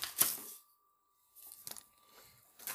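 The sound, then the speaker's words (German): Paper from an opened letter crinkles and rustles in short bursts: a sharp crackle at the start, a pause of near silence, then a run of softer shuffling and a final crisp rustle, with no voices. “Aber es ist viel, viel Papier drin.”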